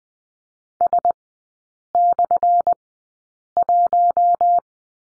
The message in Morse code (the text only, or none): S/1